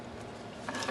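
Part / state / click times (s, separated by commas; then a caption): crimped terminal into plastic connector housing / not seated / none. A second crimped terminal is handled at the plastic harness connector housing, with a low, steady background rumble and brief brighter handling rustles at about 0.7 s and 0.9 s. Nothing has seated or clicked yet.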